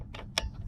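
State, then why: Seated. The magnetized steering hand wheel of a universal pistol-grip RC remote for a PKX Beast 4WD off-road monster RC truck is moved to the other side of the grip. A soft scrape at about 0.2 s is followed by a sharp, bright click at 0.4 s as the magnets pull the wheel into place. The hand wheel is seated.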